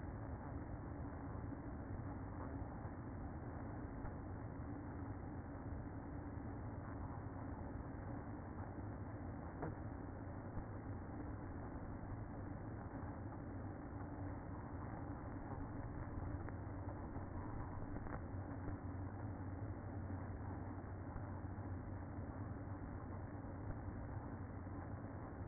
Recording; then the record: honeybee colony, microphone inside the hive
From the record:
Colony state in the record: queen present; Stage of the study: after two queens were removed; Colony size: about 60,000 bees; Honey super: yes